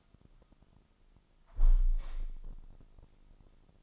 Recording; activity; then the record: daily activity, microphone in the room; close window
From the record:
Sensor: 5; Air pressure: 1004.7 hPa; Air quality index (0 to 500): 81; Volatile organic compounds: 1 ppm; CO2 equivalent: 965 ppm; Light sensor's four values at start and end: 32/75/30/28 and 31/72/28/27